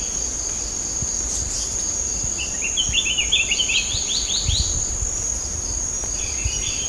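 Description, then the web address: Spectacled bulbul calling with a long run of quick, stepped chirping notes followed by a brief second phrase, against a constant shrill insect hum. Recorded at Sepilok on 6 August 2009. "SEPILOK 20090806. spectacled bulbul"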